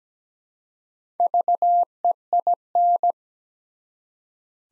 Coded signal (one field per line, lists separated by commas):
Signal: Morse code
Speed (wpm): 17 wpm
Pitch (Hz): 700 Hz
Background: none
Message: VEIN